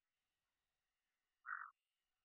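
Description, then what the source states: Red-eyed tree frog giving a single short, harsh chuck-like note midway, surrounded by near silence with a faint steady background hum. Call type 2.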